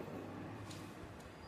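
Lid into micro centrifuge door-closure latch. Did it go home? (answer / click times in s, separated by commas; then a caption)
no / none. The lid of a micro centrifuge is lowered and handled toward its door-closure switch latch, with a steady low background hum and faint brief high-frequency ticks. The clip ends before the lid latches shut, so nothing has seated or clicked yet.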